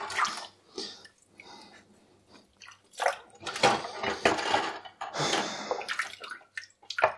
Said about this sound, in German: Erstmal hier den Holzkochlöffel. Wie macht ihr das eigentlich so beim Abwaschen? In welcher Reihenfolge? Nehmt ihr erst so die großen Sachen oder eher erst die Teller und sowas? Oder erst Gläser?